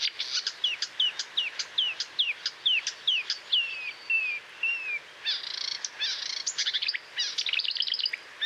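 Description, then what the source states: Marsh warbler singing: repeated clicks alternating with slurred descending whistles, then fast buzzy, chattering phrases toward the end. Recorded at Moos, Deggendorf district, on 30 June 2013.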